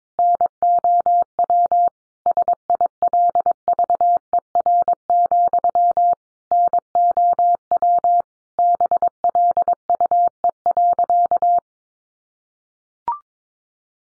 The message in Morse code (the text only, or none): NOW SILVER, NOW BLUE.